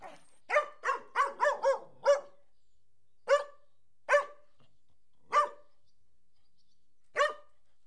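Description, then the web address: Dog barking: a quick run of sharp barks, then a few single barks spaced further apart. "The BBC Sound Effects Library. Dogs"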